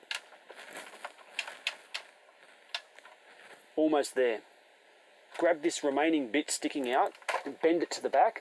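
Someone handles the plastic panel of an Encore #23 Fortress Maximus transforming robot toy, bending the remaining piece that sticks out toward its locked rear position, with sharp plastic taps and clicks around 0.1, 1.1, 1.4, 1.7, 2.0 and 2.8 s. Someone talks through the second half of the clip. The panel has not seated or clicked into its final position yet.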